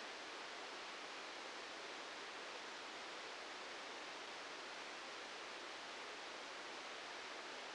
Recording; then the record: brain microelectrode recording played as sound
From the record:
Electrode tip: outside the subthalamic nucleus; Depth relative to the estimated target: 3 mm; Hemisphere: left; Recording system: NeuroSet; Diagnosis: Parkinson's disease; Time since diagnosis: 7 years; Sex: male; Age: 44 years